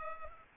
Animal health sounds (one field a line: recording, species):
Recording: mosquito wingbeat signal from an infrared sensor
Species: Culex pipiens